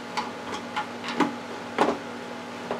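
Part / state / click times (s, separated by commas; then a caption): juicer component onto motor base / seated / 1.8 s. A plastic juicer part on a Black + Decker juicer is set onto the motor base and turned. Several short clicks and taps are heard, with the loudest, sharpest click at 1.8 s as the part seats onto the base. No one talks.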